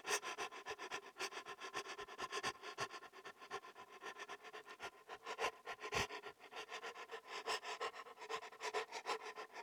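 Dog panting steadily, fast breathy pulses continuing throughout, with a few stronger exhalations.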